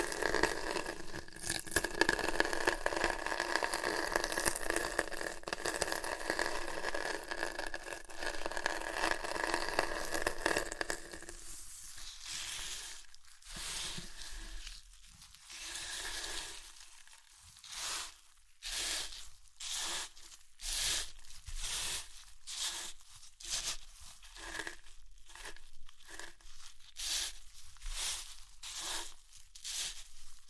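Crunchy chips being crushed: for the first ten seconds a dense, steady crackling rustle fills the sound. After that it breaks into separate sharp crunches, roughly one or two per second, with brief quiet gaps between them.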